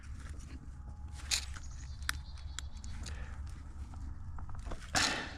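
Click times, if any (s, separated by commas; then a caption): 2.1 s. The two halves of a Hampton Bay low-voltage landscape lighting connector are pushed together over the main cable, with the wire between them. The connector snaps into place with a sharp click at 2.1 s and locks so it won't come off, followed by another short tick at 2.6 s. A steady low rumble runs underneath, and a louder broadband rustle comes near the end.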